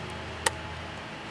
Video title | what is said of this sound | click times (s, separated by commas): Replacing your Jeep TJ Battery | there yeah it's good to hear the little click once you know that you've got it pretty much seated | 0.5 s